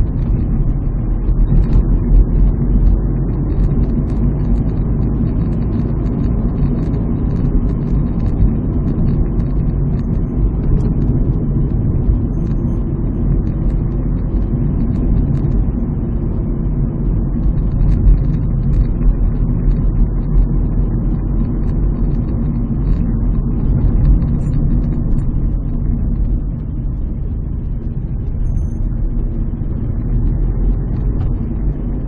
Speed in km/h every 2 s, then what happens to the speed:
45, 51, 58, 59, 55, 51, 49, 51, 48, 43, 48, 47, 36, 25, 26, 34.
0-6 speeds up to 59. 6-18 slows to 43. 22-26 brakes to 25. 28-32 speeds up to 34.